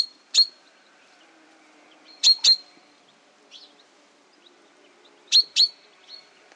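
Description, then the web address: Common chaffinch with crisp, piercing chip calls, one lone note followed by two close-spaced pairs, the first pair about two seconds after the lone note and the second about three seconds later. "Deverinetal 2025 File origin Bird Only Fr Co"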